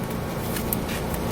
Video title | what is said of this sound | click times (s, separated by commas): Valve Cover Gasket Replacement on 2006-2010 Ford Fusion/Mercury Milan 2.3L DOHC 4 Cylinder | and that's snapped in | 0.7 s